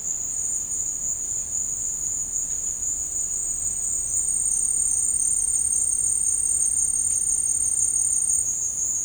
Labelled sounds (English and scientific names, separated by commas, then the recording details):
none
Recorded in secondary vegetation near Puerto Asís, Putumayo, Colombia, on 13 March 2025 at 16:00
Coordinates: 0.502, -76.326
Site G100